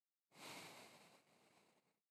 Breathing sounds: one breath near a microphone; exhalation

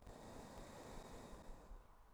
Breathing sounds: one breath near a microphone; exhalation

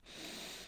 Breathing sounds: one breath near a microphone; inhalation

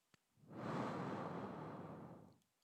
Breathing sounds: one breath near a microphone; exhalation

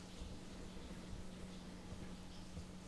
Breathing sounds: one breath near a microphone; inhalation

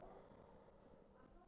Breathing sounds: one breath near a microphone; inhalation

